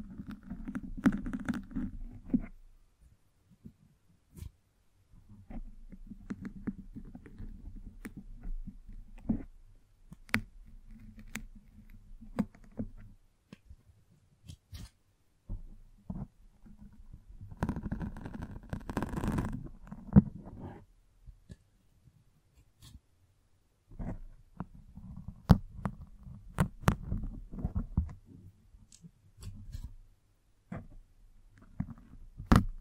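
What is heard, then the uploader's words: A microphone is brushed and scratched in uneven bursts, with soft rubbing that swells and fades every few seconds. Sharp clicks and scrapes cut through repeatedly, and a louder, brighter scratching stretch comes around eighteen to twenty seconds, separated by brief near-silent gaps. Mic Brushing and Scratching.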